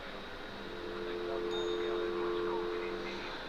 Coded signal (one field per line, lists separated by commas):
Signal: telephone call progress tone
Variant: North America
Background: speech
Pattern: dial tone